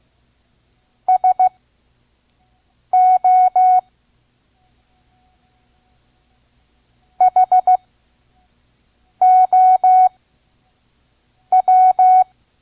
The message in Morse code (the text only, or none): SO HOW